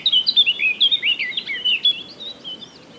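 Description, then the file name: Eurasian blackcap warbling rapidly, a brisk stream of twittering notes that fades toward the end. "Sylvia atricapilla"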